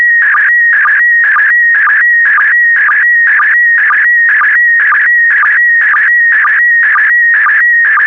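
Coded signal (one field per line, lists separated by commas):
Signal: SSTV (slow-scan television)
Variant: PD120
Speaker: transmission complete you can now check your decoded image against the picture that is shown on the video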